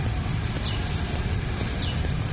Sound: loud call of peacock

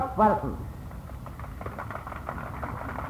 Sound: applause

